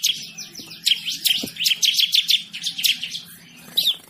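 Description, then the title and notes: Bird song of jumbled, twittering high chirps that rise and fall continuously, with a steady low hum beneath. Bird with a melodious voice. "Burung Dengan Suara Merdu"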